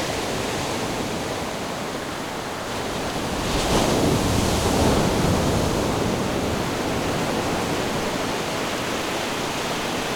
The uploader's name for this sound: Ocean Waves